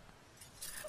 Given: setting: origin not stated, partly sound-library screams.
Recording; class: one-second piece from a danger detection set; normal situation